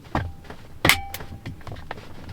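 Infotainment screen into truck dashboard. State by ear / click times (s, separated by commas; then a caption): seated / 0.8 s. An aftermarket infotainment screen is slid into the opening of a truck dashboard and pushed back until its retaining clips click into place at 0.9 s, with softer knocks and plastic rattles around it. The screen is seated, and the clip on the other side appears to have clicked as well.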